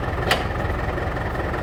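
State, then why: Seated. A David Brown 1490 tractor idles steadily while its dropped pick-up hitch is lifted hydraulically in the rear lift linkage. At 0.3 s a single sharp metallic click sounds as the hitch latches into its raised, locked position, confirming it has seated.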